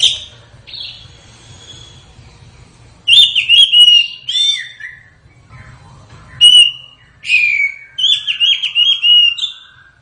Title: SUARA KACER HUTAN